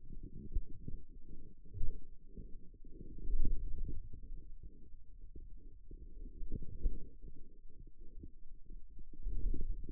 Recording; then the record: forearm muscle sounds (acoustic myography)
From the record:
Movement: wrist extension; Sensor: system 2, bracelet of six BSWA MPA416 microphones around the upper forearm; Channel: 5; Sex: male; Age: 22 years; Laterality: right